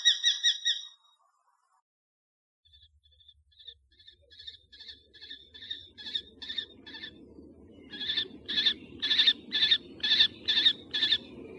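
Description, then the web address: Common kestrel calling: a brief burst, a pause, then a long series of sharp, ringing kee notes, about two per second, that grow steadily louder, with a low rumbling background. Uzbekistan. "Uzbek hayvonlar. Falco tinnunculus"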